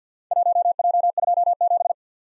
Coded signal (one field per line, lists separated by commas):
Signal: Morse code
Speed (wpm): 45 wpm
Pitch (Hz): 700 Hz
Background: none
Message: 1J27